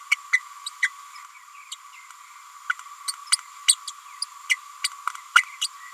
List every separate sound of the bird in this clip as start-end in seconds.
0.11-0.15, 0.32-0.39, 0.66-0.70, 0.82-0.89, 1.71-1.75, 2.69-2.74, 3.68-3.75, 3.87-3.91, 4.49-4.55, 5.35-5.42, 5.61-5.68